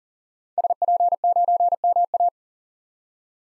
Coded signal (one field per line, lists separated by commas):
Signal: Morse code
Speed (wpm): 40 wpm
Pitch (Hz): 700 Hz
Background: none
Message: SP9MA